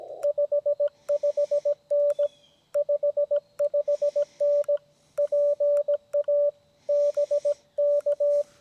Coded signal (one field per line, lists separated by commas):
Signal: Morse code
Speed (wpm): 17 wpm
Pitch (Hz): 580 Hz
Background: radio noise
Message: 55N 55N PA BK